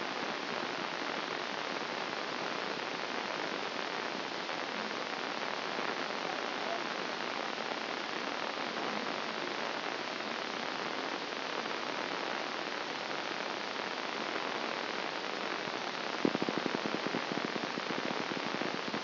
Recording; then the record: brain microelectrode recording played as sound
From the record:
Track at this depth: outside the subthalamic nucleus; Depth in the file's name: 0.246 mm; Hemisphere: left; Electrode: 2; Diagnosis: Parkinson's disease